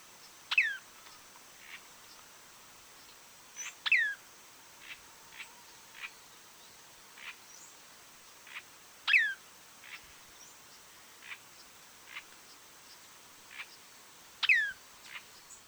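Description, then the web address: Large elaenia calls: sharp, high notes dropping steeply in pitch, a loud one every few seconds with softer short notes between, over a steady high hiss. "Elaenia spectabilis - Fiofío grande"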